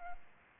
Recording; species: mosquito wingbeat signal from an infrared sensor; Anopheles gambiae